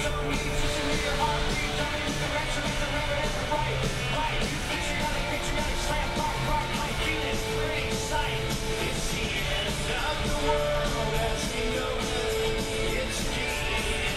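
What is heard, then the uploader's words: A walk through Animal Kingdom brings a dense, steady crowd murmur with scattered voices, occasional shouts and bright clinks over a low rumble throughout. Jeremiah takes you into Animal Kingdom for a "WhereinthePark-Style" Walk. Walk in Animal Kingdom.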